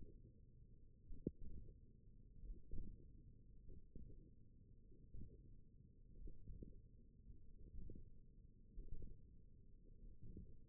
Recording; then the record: forearm muscle sounds (acoustic myography)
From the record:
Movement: wrist flexion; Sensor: system 1, eight BSWA MPA416 microphones around the upper forearm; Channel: 5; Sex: male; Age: 20 years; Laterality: left